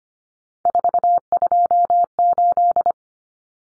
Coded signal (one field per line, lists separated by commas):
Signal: Morse code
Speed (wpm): 25 wpm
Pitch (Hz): 700 Hz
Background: none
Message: 428